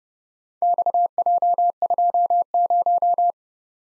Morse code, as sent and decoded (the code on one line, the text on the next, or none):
-..- .--- ..--- -----
XJ20